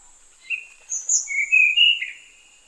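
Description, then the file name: Tanahjampea blue flycatcher singing a short phrase of sweet, slurred whistles that rise and break into a warble, over a steady high-pitched hum. "sikatan tanahjampea"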